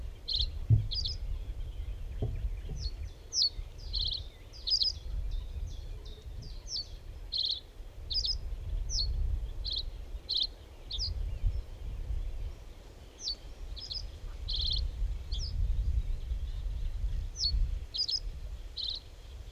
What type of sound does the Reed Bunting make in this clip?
song